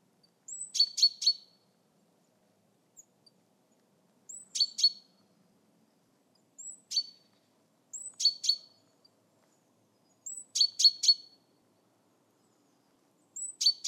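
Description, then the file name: Great tit repeating its call at irregular intervals: a brief high sweet note, then one to a few harsh, scratchy buzzes; several phrases heard. "Parus major"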